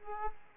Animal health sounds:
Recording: mosquito wingbeat signal from an infrared sensor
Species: Aedes aegypti

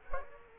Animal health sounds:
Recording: mosquito wingbeat signal from an infrared sensor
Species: Culex quinquefasciatus

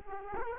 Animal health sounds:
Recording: mosquito wingbeat signal from an infrared sensor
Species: Culex quinquefasciatus

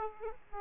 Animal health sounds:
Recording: mosquito wingbeat signal from an infrared sensor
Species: Aedes aegypti

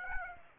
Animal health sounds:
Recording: mosquito wingbeat signal from an infrared sensor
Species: Aedes aegypti

